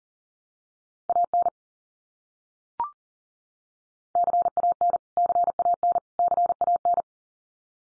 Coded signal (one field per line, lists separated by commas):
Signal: Morse code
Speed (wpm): 40 wpm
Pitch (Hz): 700 Hz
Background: none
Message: AN CAN CAN CAN